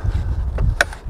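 The spring-loaded knob on the side bow of a Bestop Trektop NX soft top on a 2-door JK Wrangler is pulled out, fitted over its metal mounting bracket and released. A soft tap at 0.6 s is followed by a sharp, bright snap at 0.8 s and a faint echo-like tick at 0.9 s, all over a low rumbling background. The knob is seated in the bracket at 0.8 s.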